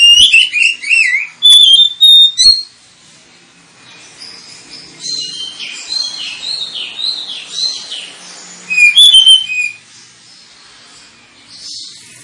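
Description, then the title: Oriental magpie-robin song with rapid loud whistled and slurred phrases at the start and again later, quieter chattering warble in between. Lure (pancingan) recording of a kacer meant to provoke other kacer birds into singing and fighting; described as persistent 'full tembakan' singing, making birds 'ngeplong gacor'. "Kacer Langsung Tarung Konslet KACER NGOTOT FULL TEMBAKAN. Kacer dimana SAJA Bakalan NGEPLONG GACOR dengan Pancingan Kacer ini"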